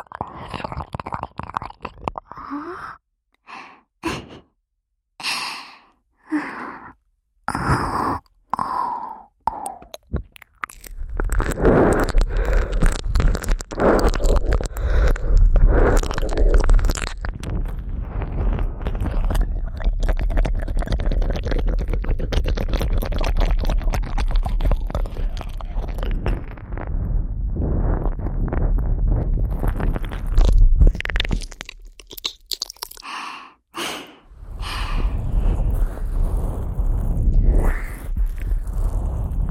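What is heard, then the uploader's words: Fast eating sounds by the ear: short bursts and breaths for ten seconds, then dense continuous crunching and chewing, pausing briefly near thirty-three seconds. ASMR Fast Ear Eating.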